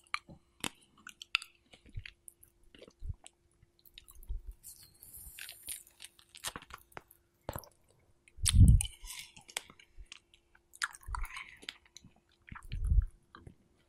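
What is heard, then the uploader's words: Someone eats strawberries in wet, irregular chewing and biting sounds, with small clicks and squelches scattered throughout. Louder, lower crunchy bites land around 8.5 seconds and again near 11 and 13 seconds, and quiet pauses fall between the bursts of chewing. ASMR Strawberry Eating Sounds.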